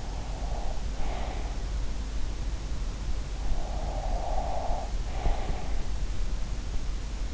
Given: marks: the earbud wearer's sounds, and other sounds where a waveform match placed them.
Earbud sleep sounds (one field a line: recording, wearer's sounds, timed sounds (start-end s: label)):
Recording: sounds in sleep by an in-ear microphone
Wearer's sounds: breath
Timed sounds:
0.00-1.57 s: breath
3.81-5.74 s: breath